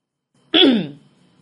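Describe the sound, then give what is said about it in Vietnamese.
A man standing in front of a room clears his throat once before knocking on the door, a short, gruff burst that starts abruptly and fades out with a low rasp, heard alone against silence. “nửa mừng nửa lo, đứng trước phòng cô hắng giọng gõ cửa.”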